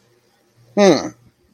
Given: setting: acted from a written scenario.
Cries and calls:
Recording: vocal sound without words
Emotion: awe

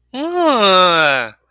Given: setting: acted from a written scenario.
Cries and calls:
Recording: vocal sound without words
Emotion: embarrassment

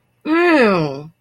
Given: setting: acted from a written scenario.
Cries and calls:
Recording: vocal sound without words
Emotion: disgust

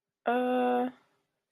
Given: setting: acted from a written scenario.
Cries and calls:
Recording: vocal sound without words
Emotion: neutral

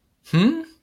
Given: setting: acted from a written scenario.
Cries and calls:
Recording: vocal sound without words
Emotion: confusion

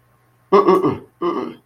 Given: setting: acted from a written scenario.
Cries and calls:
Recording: vocal sound without words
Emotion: disappointment

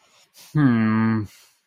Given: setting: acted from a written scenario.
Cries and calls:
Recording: vocal sound without words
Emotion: disappointment

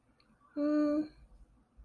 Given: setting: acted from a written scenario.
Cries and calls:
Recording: vocal sound without words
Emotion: neutral

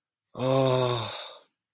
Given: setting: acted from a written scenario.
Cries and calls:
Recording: vocal sound without words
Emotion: fear

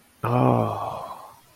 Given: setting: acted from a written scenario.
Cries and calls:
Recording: vocal sound without words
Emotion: romantic love

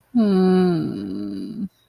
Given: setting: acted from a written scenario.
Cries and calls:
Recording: vocal sound without words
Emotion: sadness

